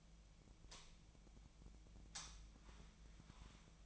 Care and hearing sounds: daily activity, microphone in the room; light on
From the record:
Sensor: 1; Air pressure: 1009.8 hPa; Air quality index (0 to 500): 188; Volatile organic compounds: 17 ppm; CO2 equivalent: 2584 ppm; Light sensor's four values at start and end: 35/89/37/45 and 46/131/54/61

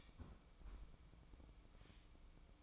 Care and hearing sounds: daily activity, microphone in the room; close fridge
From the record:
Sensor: 1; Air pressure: 1007.9 hPa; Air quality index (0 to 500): 106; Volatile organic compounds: 1 ppm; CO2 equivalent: 898 ppm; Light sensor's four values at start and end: 11/28/11/13 and 11/28/11/13

